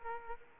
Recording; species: mosquito wingbeat signal from an infrared sensor; Aedes aegypti